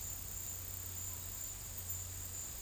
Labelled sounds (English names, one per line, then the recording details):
none
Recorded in pastures near Puerto Asís, Putumayo, Colombia, on 8 March 2025 at 16:30
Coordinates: 0.472, -76.329
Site G074